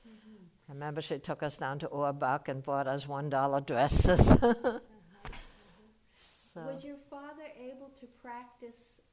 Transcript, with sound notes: Uh-hmm.
I remember she took us down to Orbach and bought us $1 dresses. [chuckles]
Uh-huh, uh-huh.
So —
Was your father able to practice